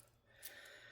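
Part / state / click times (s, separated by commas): screw into all-in-one computer chassis / not seated / none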